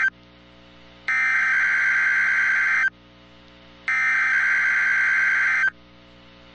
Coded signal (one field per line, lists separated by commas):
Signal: Emergency Alert System (SAME) tones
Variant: header bursts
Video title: Required Weekly Test (EAS 1689)